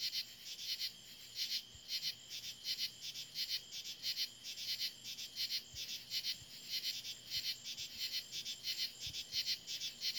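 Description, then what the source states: Insect chorus of dense, high trilling pulses beating evenly, with a few faint low thumps underneath. Recorded in July.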